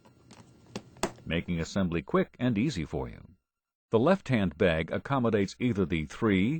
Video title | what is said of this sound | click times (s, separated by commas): ZOLL E Series Cardiac Monitor IN SERVICE VIDEO | Each bag snaps into place, | 1.0 s